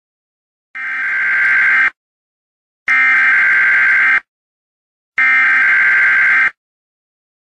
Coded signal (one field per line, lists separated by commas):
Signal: Emergency Alert System (SAME) tones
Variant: header bursts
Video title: Eas alert only on tv